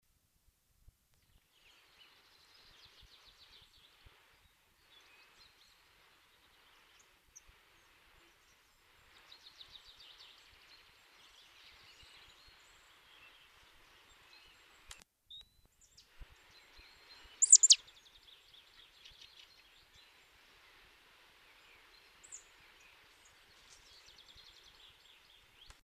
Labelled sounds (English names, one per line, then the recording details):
Marsh Tit call
Common Chaffinch
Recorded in the wild
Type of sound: call
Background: Fringilla coelebs
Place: Oberstdorf, Bayern, DE
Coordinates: 47.38, 10.2969
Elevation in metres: 881
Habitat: mountains
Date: 1977-03-25
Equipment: Nagra IV, Sennheiser MKH 405, Parabolreflektor
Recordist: Tretzel, Erwin
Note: Knotenblumenwald, Dietersberg, Oberstwald: Ruf "stjä"